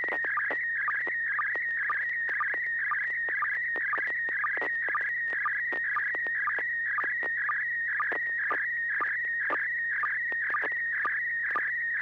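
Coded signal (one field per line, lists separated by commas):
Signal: SSTV (slow-scan television)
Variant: PD120 mode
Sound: warbling tone near 2 kHz with steady ticking sync pulses about twice a second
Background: low hum, radio static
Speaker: yep okay well this will be PD 120.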